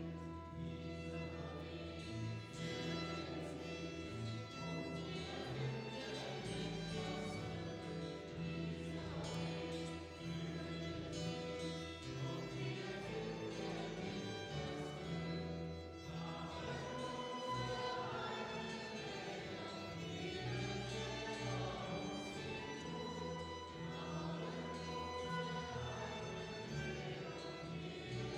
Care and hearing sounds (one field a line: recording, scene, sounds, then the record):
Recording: everyday scene through a hearing-aid microphone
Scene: reverberant space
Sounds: music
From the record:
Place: church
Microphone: in the ear canal, right